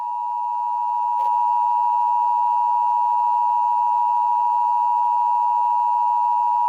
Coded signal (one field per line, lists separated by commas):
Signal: Emergency Alert System (SAME) tones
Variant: 853 and 960 Hz attention tone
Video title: EAS Scenario 43: Armaeggdon